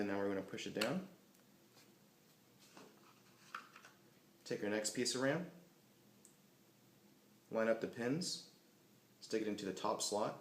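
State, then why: Seated. A RAM module, already angled into its memory slot in a MacBook Pro 13-inch laptop, is pushed down until the side clips catch it. Someone talks between the pushes, and a short, sharp snap at 3.6 s marks the module seating into place.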